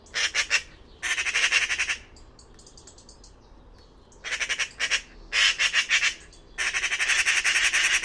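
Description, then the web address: Bird giving rasping squawks in several clustered pulsed bursts, separated by quieter stretches with softer chatter. "cianscape birddata Deverinetal 2025"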